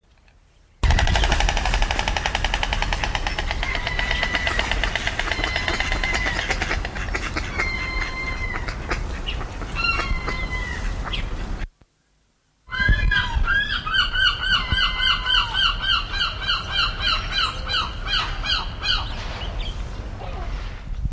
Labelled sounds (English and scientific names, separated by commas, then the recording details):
White Stork (Ciconia ciconia), European Herring Gull (Larus argentatus)
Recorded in captivity
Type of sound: bill clattering
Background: Larus argentatus
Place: Zoo Osnabrück, Niedersachsen, DE
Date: 1991-09-09 10:47
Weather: overcast, 13°C
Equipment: Marantz CP 430, Kopie Tesla B 116
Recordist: Tembrock, Günter
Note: Klappern